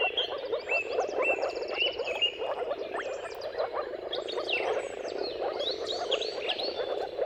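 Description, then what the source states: Chorus of moor frogs, a continuous low gurgling, overlaid by bird song with rapid trills and whistles. Chorus of many moor frogs giving mating calls at sunrise, turn of March and April, timing depending on weather.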